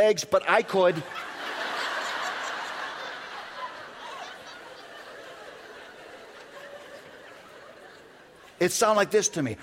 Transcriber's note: laughter